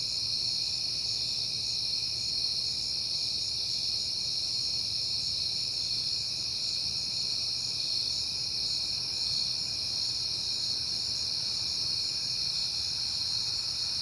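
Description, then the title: Crickets chirping as an unbroken high-pitched wall of sound, steady from start to end, with a faint deep rumble. Crickets at night in September on a peaceful night; crickets heard often lately. "Night Time: Crickets and Passing Cars"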